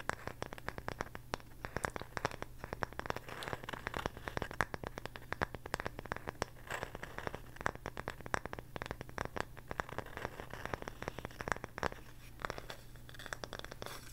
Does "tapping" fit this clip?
yes